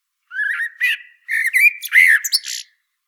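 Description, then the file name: Common blackbird singing a fluty, warbled phrase of low whistles that turns into squeaky, high twittering notes at the end; no other sounds. "Turdus merula"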